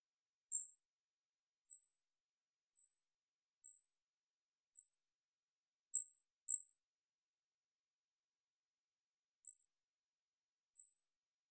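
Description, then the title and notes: Golden-crowned kinglet calls, high sibilant single notes spaced about a second apart, with a longer pause of about three seconds before the last two. Calls recorded in the Pacific Northwest, Washington, United States; parabolic single-species recording, processed for clarity with natural pace and rhythm kept. "GoldenCrowned Kinglet Calls. Golden-crowned Kinglet, Regulus satrapa, calls. Recorded in the beautiful Pacific Northwest in Washington, Unister States"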